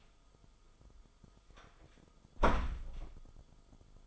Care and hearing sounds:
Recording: daily activity, microphone in the room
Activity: close door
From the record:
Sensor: 5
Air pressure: 1005.1 hPa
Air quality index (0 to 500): 89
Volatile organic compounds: 2 ppm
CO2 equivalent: 1079 ppm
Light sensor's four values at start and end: 35/80/32/31 and 35/81/32/31

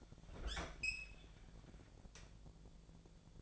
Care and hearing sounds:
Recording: daily activity, microphone in the room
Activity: open fridge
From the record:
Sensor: 5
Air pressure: 1000.1 hPa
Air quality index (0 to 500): 105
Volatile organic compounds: 1 ppm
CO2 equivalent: 846 ppm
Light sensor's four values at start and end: 215/510/217/236 and 217/518/220/239

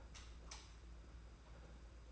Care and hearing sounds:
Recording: daily activity, microphone in the room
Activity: light off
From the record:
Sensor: 2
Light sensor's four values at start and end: 17/48/18/18 and 11/27/11/11

